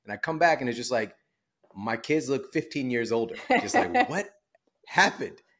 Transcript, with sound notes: And I’d come back and it’s just like, my kids look 15 years older. [laughter] Just like what happened.